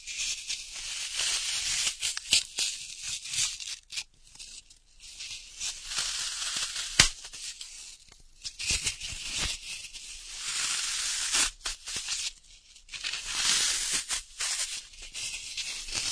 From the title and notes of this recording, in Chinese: 姐姐抠耳朵催眠1（声控助眠）。